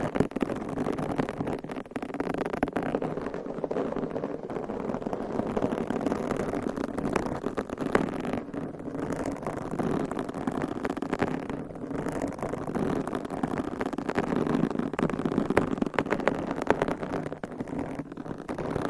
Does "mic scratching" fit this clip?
yes